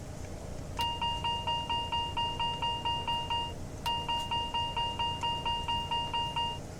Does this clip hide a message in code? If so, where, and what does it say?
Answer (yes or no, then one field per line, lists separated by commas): no